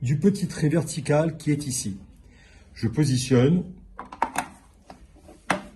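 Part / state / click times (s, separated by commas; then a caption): plastic attachment onto food processor base / seated / 5.5 s. A plastic attachment is lined up on a food processor base with its point facing a small vertical mark, then twisted until it locks into place. Someone talks, then a few short taps follow, and the attachment seats with a sharp click at 5.5 seconds.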